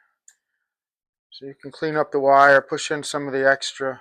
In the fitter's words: Push it real hard till you hear a click.